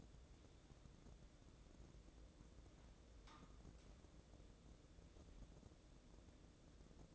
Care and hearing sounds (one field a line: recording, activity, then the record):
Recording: daily activity, microphone in the room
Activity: wipe stove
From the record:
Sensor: 3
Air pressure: 1012.3 hPa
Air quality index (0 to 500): 176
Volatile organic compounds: 3 ppm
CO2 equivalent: 1344 ppm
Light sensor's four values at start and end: 588/1461/604/619 and 589/1464/605/620